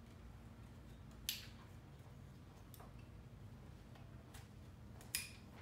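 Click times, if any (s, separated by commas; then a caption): 1.3 s, 5.1 s. Plastic push-in wiring harness connectors are pressed by hand, without forcing, into the slots of a Kawasaki motorcycle ECU. Two sharp clicks ring out at 1.3 s and 5.2 s over a low steady hum, with a few faint ticks between them. Each click marks a connector seating in the ECU.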